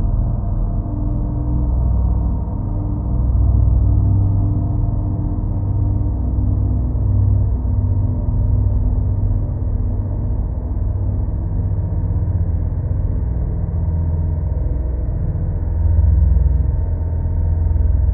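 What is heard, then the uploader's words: A bus interior on the lower deck during a constant run, with a steady deep engine drone and a slight swell near sixteen seconds. Bus – Interior – Constant Run, Lower Deck.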